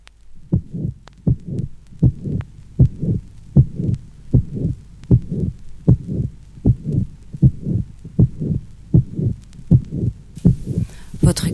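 Adult heart heard by stethoscope, regular beats at about 78 per minute, with an extracardiac murmur, the most common of the extracardiac murmurs, recognised by its late systolic timing.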